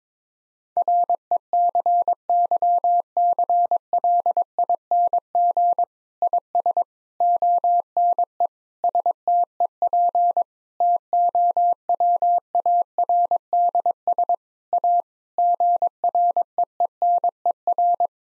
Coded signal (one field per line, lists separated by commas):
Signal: Morse code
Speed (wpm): 22 wpm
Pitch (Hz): 700 Hz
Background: none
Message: RECYCLING IS ONE STEP TOWARDS A GREENER